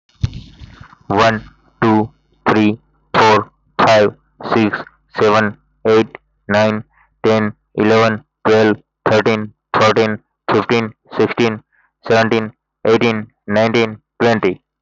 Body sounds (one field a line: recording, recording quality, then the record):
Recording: counting at a normal pace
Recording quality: moderate, slight background noise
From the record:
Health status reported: healthy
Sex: male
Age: 28 years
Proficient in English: yes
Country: India